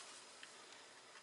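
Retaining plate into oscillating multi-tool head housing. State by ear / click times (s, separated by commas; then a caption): not seated / none. A small metal retaining plate is being pressed back into the head housing of a Ridgid oscillating multi-tool during reassembly; it is what keeps that part secure and rigid. A steady broadband hiss runs throughout, with a brief faint tick at about 0.4 s and softer ones near 0.7 s and 1.2 s. Nothing has seated or clicked into place yet.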